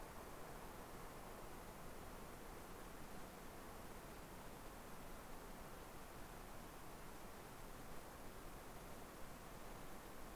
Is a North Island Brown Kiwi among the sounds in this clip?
no